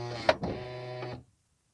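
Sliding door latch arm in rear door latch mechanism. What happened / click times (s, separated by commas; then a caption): The door latch caught with a sharp click / 0.3 s. On a Honda Odyssey rear sliding door that won't close, beeps as if open and bangs at the rear latch, the sliding door latch arm in the rear door latch mechanism is pressed by hand, and the latch clicks closed with a sharp snap at 0.3 s. A steady tonal mechanical hum runs under it, with a softer thud just after and the hum cutting out around 1.2 s. The latch catches and seats properly, confirming the fault is this arm not coming all the way back on its own.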